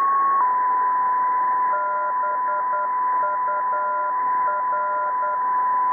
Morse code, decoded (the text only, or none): BUR